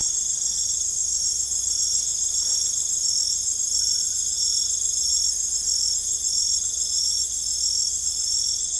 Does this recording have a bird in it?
no